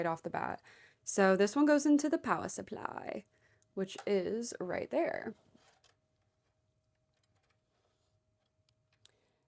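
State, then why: Seated. A drive power cable is plugged into the SATA/PATA section of a modular PC power supply while someone talks. After a quiet pause, the plastic connector gives a short, sharp click at 9.0 s as it seats into place.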